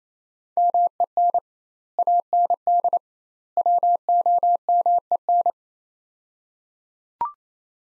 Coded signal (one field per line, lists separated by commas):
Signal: Morse code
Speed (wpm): 27 wpm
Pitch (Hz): 700 Hz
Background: none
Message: MEN AND WOMEN